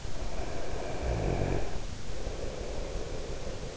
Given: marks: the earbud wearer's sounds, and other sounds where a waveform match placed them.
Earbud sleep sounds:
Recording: sounds in sleep by an in-ear microphone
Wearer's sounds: snoring breath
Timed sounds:
0.10-3.77 s: snoring breath

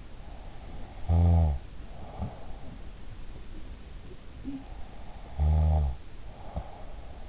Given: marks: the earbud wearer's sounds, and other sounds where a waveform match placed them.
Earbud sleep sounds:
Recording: sounds in sleep by an in-ear microphone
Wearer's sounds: snoring breath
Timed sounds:
0.79-2.63 s: snoring breath
4.16-7.28 s: sound from someone else or the room
4.96-7.28 s: snoring breath

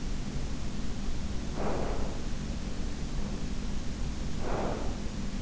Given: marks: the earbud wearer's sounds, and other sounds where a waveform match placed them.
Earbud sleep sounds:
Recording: sounds in sleep by an in-ear microphone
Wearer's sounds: breath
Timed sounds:
0.00-2.29 s: breath
3.09-5.26 s: breath

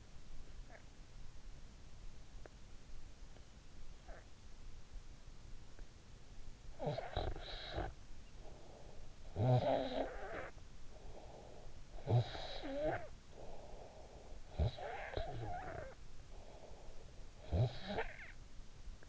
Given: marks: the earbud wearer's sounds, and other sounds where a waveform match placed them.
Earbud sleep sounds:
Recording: sounds in sleep by an in-ear microphone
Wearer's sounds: snoring breath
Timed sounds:
6.49-18.64 s: snoring breath

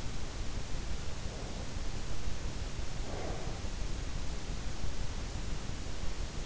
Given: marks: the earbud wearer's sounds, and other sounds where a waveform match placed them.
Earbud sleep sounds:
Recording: sounds in sleep by an in-ear microphone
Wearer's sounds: breath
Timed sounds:
1.11-3.85 s: breath

